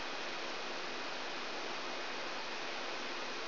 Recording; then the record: brain microelectrode recording played as sound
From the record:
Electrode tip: outside the subthalamic nucleus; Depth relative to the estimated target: -7 mm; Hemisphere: left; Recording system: AlphaMap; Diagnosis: Parkinson's disease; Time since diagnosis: 12 years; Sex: female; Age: 56 years